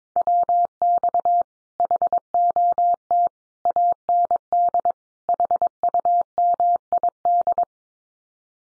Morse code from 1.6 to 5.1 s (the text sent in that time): HOT AND